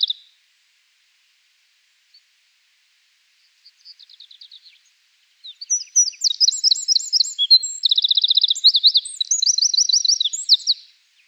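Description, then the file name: Eurasian wren: a few faint notes first, then a loud, rapid song of trills and rattles lasting about five seconds. "Troglodytes troglodytes"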